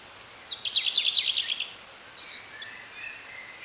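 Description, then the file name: European robin song opening with a quick descending series of trilled notes, followed by sharp, high whistled notes and lower sliding tones. "Erithacus rubecula"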